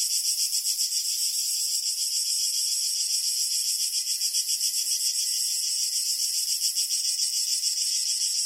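Crickets chirping in a dense, steady, high-pitched pulsing trill, about three to four pulses a second, continuous throughout with no other sounds.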